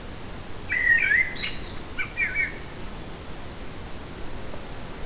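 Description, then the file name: Eurasian blackbird song, a short fluting warbled phrase followed by a softer twittering ending over steady background hiss. Recorded in a forest on 8 July 2018. "180708 blackbird forest"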